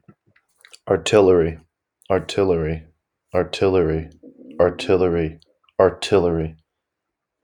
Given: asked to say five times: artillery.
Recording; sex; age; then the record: repeated word; male; 20 to 29 years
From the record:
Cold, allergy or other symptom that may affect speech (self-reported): no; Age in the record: 28 years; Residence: New Jersey, United States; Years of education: 12